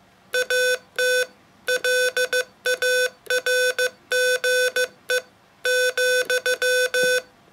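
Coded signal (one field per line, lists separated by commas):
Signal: Morse code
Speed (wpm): 15 wpm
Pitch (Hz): 500 Hz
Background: none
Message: AT LARGE ,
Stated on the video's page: Poem sent in Morse code as a soporific ASMR sound sculpture.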